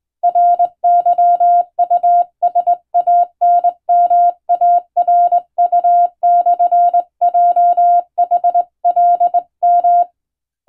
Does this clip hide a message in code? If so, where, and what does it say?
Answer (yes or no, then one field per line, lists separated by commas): yes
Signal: Morse code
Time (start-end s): 0.2-10.0 s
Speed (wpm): 20 wpm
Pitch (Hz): 700 Hz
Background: none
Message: RYUSANMARU/JHLM